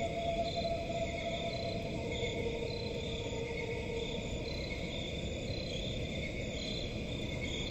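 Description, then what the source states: Cricket chorus of unbroken high trills, some pulsing in and out, over a continuous low rumble. Crickets in a forest at night.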